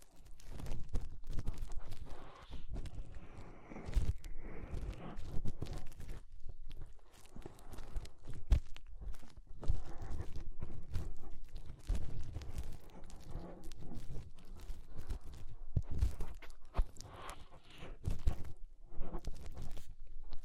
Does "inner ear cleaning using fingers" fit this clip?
yes